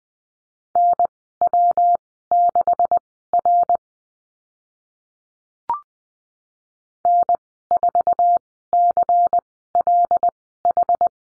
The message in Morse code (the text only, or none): NW6R N4CLH